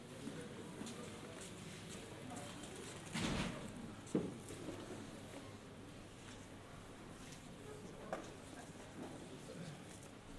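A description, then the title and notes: Reading hall of the Austrian National Library in Vienna, filled with a steady low murmur of quiet voices. A brief louder rustle or shuffle rises around three seconds, followed by a sharp knock near four seconds. Faint taps and small movements recur throughout. Generative soundscape based on a two-dimensional random walk between four binaural soundscapes recorded in libraries and bookstores. Reading hall of the Austrian National Library in Vienna.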